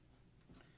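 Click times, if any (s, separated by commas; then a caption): none. The pressure regulator valve knob on a PODTopic 380-F laminating machine is handled after the pressure is set, ready to be pushed down until it snaps and locks at that setting. Only a low, steady rumble with faint clatter is heard, swelling slightly around 0.5 s. Nothing has seated or clicked yet.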